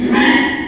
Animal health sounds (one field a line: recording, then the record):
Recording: squeal of a Yucatan mini pig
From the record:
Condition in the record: after surgery on the right vocal fold (resection and tissue-engineered implant)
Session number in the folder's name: 4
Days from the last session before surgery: 42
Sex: male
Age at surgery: 12 weeks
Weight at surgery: 13 kg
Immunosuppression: cyclosporine, prednisolone